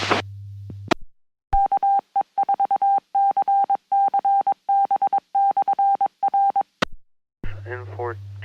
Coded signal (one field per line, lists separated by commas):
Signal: Morse code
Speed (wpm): 22 wpm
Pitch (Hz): 790 Hz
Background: speech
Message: KE4CCB/R